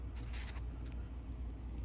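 A rekey tool is handled at the lock cylinder of a Kwikset Smartkey lock, with scraping and rustling bursts in the first half-second and a brief sharp tick near 0.9 s over a steady low rumble. Nothing has seated or clicked yet.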